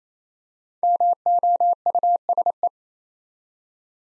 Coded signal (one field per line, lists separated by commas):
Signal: Morse code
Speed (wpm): 27 wpm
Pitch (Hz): 700 Hz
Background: none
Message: MOUSE